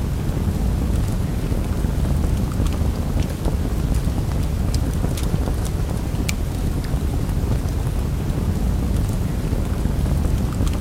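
A campfire burns with a steady low roar, sharp crackles and pops scattered irregularly throughout, a few louder snaps standing out near the middle.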